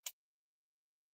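A GLP-1 auto-injector pen, held against the stomach with its button pressed, fires its mechanism and releases the plunger into the injection site. A single sharp click sounds at 0.1 s and is followed by silence.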